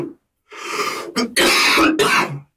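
An adult man has a coughing fit, with several bursts of coughing in quick succession, just as an interview begins in earnest.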